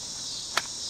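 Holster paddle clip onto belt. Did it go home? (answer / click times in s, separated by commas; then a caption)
yes / 0.6 s. A holster's paddle clip is pushed down over a belt with a thumb and snaps into place with a single sharp click at 0.6 s. A steady high insect-like hiss, like crickets, runs underneath throughout. The clip is seated on the belt.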